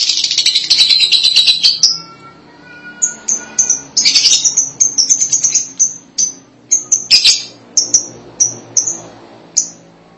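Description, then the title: Lovebird chattering: dense harsh chatter at first, then sharp high chirps repeated steadily with another short chattering burst midway. "BM Suara Burung Lovebird"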